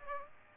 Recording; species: mosquito wingbeat signal from an infrared sensor; Aedes aegypti